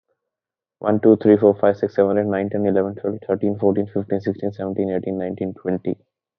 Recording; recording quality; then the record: counting at a fast pace; excellent, no background noise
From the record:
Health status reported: COVID-19 positive, mild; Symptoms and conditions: none ticked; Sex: male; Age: 23 years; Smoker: not ticked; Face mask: not worn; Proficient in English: yes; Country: India